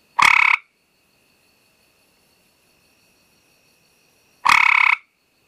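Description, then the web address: Gray treefrog calling with two brief pulsed trills, one at the start and another about four seconds later, with quiet background between them. "Frog Hyla Versicolor"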